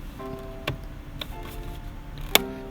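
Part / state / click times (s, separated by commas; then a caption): plastic side-mirror shell clip into the mirror housing / seated / 2.4 s. During reassembly for a power mirror fold/unfold setup on a 2021 Toyota RAV4 Prime SE, a plastic side-mirror shell is pressed onto its clip in the mirror housing. Faint ticks at 0.7 s and 1.2 s lead to one sharp, loud snap at 2.4 s over a steady tonal hum. The shell clip snaps in and is seated.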